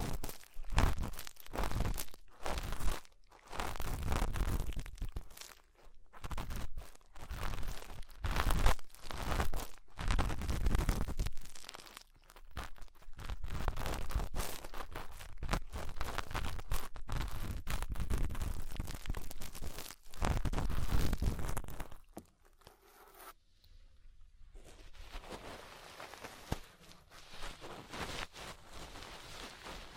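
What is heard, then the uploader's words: Crackling ear-cleaning sounds fill most of the recording: dense, scratchy crunches and crinkles in quick irregular bursts with brief gaps. Around twenty-three seconds the rustling stops, leaving a quieter stretch of soft, low handling noises. ASMR Deep Ear Cleaning Session. (No Talking).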